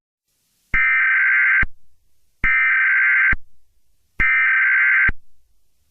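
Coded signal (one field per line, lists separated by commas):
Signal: Emergency Alert System (SAME) tones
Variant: header bursts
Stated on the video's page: A fictional EAS scenario, not a real alert.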